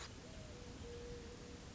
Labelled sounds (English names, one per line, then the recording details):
Mourning Dove
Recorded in Sonoma County, California